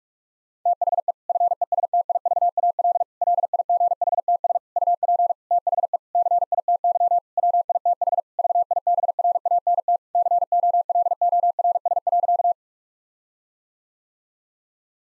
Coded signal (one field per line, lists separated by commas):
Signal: Morse code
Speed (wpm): 46 wpm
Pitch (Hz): 700 Hz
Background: none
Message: THE FESTIVAL LIGHTS UP THE CITY WITH VIBRANT COLORS.